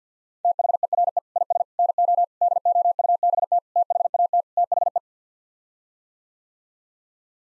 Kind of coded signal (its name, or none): Morse code